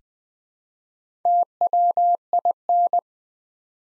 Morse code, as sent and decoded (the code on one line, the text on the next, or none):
- .-- .. -.
TWIN